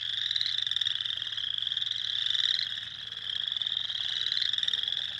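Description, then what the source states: Spring peepers calling together, clear ascending whistled peeps standing out from a dense, continuous chorus. Recorded 6 April 2021.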